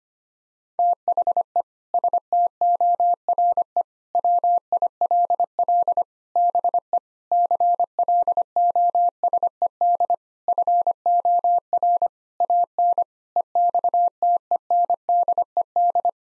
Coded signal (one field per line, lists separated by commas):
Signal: Morse code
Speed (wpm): 25 wpm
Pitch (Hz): 700 Hz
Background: none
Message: THE STORE WILL BE CLOSED FOR AN EXTENDED